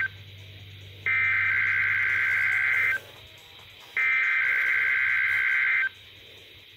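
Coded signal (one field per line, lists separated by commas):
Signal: Emergency Alert System (SAME) tones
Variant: header bursts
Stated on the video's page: Required weekly test tones from weather radio station WXK85, recorded with a Samsung Galaxy S8.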